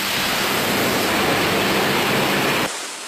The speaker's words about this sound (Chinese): 工人们正在侧面的岩壁上打孔泄水，水流冲的钻机都无法作业。为了换钻头，一个工友试图用身体挡一下水柱，上了2-3次都失败了。 像这个都是山体里的水吗？ 对，都是山体围岩裂隙的出水。